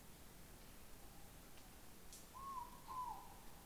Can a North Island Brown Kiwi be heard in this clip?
no